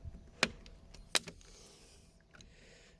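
The original plastic turn-signal lens in the side mirror housing of a Jaguar XE is pulled toward the camera and lifted. Two loud, sharp snaps ring out at 0.4 s and 1.2 s as its clips let go, with a few fainter ticks between and after. The indicator unclips and comes free of the housing.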